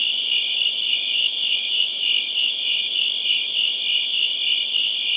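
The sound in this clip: Crickets chirp in a continuous shrill chorus, rapid pulses blending into one steady ringing tone.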